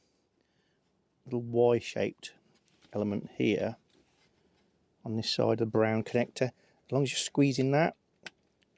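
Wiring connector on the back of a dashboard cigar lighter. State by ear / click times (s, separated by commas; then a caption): released / 8.3 s. Someone talks while squeezing the small Y-shaped latch on the brown plastic wiring connector at the back of a dashboard cigar lighter in a Jaguar (X350, X358 or XK8) so it can be unplugged. A short, sharp click is heard at 8.3 s as the latch releases and the connector comes free.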